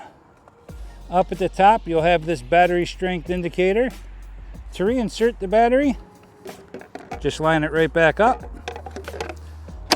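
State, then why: Seated. A removable battery on a Himiway A7 dual-suspension e-bike is lined up with its down-tube mount and pushed home, while someone talks over background music. A sharp snap at 9.9 s marks the battery seating into place in the frame.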